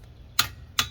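A click-type torque wrench set to 80 ft-lb tightens a wheel lug nut, giving two sharp clicks at 0.4 s and 0.8 s over a quiet low hum. The clicks mean the nut has reached 80 foot-pounds of torque and it is time to stop tightening.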